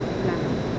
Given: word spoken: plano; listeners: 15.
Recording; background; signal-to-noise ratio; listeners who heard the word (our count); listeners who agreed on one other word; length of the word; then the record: one Spanish word in noise, from a listening test; speech-shaped noise; -6.2 dB; 0 of 15; 6 of 15; 0.39 s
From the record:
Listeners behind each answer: 6, 3, 1, 1, 1, 1, 1, 1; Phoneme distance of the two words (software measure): 7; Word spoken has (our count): 2 syllables, 5 phonemes, stress on syllable 1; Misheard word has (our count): 1 syllable, 4 phonemes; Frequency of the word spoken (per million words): 71.70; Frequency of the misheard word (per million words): 146.03